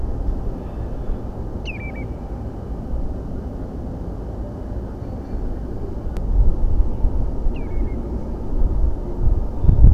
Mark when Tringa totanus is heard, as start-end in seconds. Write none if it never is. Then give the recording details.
1.65-2.03, 7.54-7.96. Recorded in France